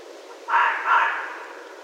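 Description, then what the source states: Red fox with a double bark, two coarse, throaty yelps in quick succession, then fading into low background noise. Recorded on 16 January 2012.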